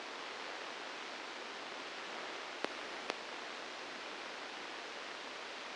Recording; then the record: brain microelectrode recording played as sound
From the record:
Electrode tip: inside the subthalamic nucleus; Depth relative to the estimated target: 4 mm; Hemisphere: left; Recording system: NeuroSet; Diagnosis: Parkinson's disease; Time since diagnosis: 10 years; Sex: male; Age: 63 years